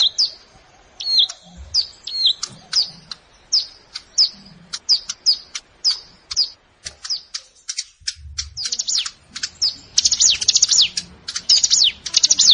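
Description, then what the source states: Plain prinia song: evenly spaced high downslurred notes about twice a second, then faster, denser chirping bursts toward the end. Recorded in a rice field (sawah).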